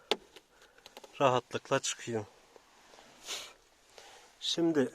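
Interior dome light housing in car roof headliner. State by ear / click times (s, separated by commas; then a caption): released / 0.1 s. A flat screwdriver pries the interior dome light housing out of the roof headliner of a Focus 1 car, and it pops free with a sharp snap at 0.1 s, followed by a few faint ticks. Someone then talks as the light comes out easily, released from the headliner.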